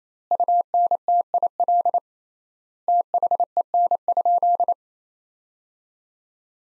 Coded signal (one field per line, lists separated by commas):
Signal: Morse code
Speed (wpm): 28 wpm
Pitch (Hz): 700 Hz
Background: none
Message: UNTIL THEN?